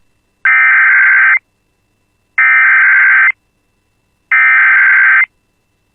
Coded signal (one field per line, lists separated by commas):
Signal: Emergency Alert System (SAME) tones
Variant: header bursts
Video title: [EAS] Tornado Warning Continuation into Cass County / Duluth WFO (6/19/26)